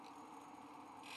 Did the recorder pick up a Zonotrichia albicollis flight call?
no